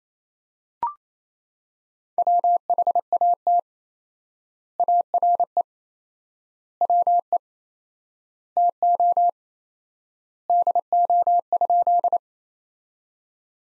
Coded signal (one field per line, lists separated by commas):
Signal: Morse code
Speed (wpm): 28 wpm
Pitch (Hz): 700 Hz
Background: none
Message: WHAT ARE WE TO DO?